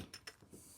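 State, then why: Not seated. A new replacement part, which would not click into its housing by hand pressure, is handled with the assembly turned upside down and tapped. Short tap impacts are heard at about 0.1, 0.3, 0.4 and 0.5 s, followed by a low steady hiss. Nothing has seated or clicked yet.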